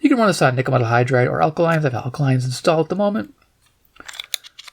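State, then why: Seated. Someone talks about running a Sangean DT-400W AM/FM weather alert radio on nickel metal hydride or alkaline AA batteries, then the speech stops. A few seconds later, short plastic clicks and handling sounds follow as the hinged plastic battery door on the radio case closes over the two AA batteries. The door snaps shut with a sharp click at 4.3 seconds, seating it.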